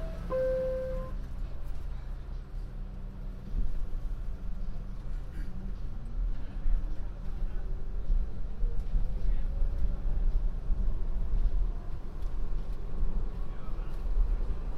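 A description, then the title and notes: A subway train ride, with a heavy low rumble of the moving car filling the whole time and growing a little louder after the first few seconds. A short tone sounds near the start, and a faint rising whine from the wheels or motor runs from about six to ten seconds. A binaural field recording on the downtown local 1 train, from Harlem 125th to 23rd Street.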